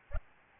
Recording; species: mosquito wingbeat signal from an infrared sensor; Aedes albopictus